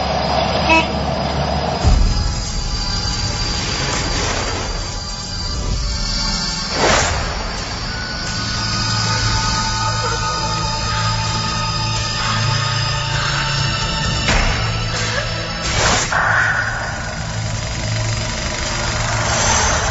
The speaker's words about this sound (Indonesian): Tak lama kemudian, mobil angkotnya meluncur menuju rumah sakit terdekat.